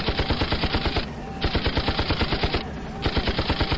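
Heavy large-calibre machine-gun fire from the sky rattles out in three short, rapid bursts separated by brief pauses, each shot a loud, sharp crack in a steady, fast rhythm.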